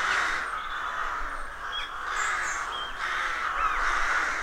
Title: Sound Escape 113: Enjoy the stirring cacophony of a rook colony